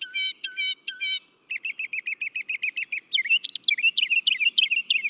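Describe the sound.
Northern mockingbird song: a run of repeated harmonic chirps, then rapid trilled notes, then sharper varied phrases, each type repeated several times before switching.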